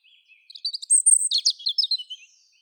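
European robin warbling a rapid, tinkling, high-pitched phrase of jumbled trills and thin whistles, rising then falling.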